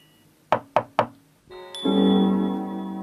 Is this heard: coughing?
no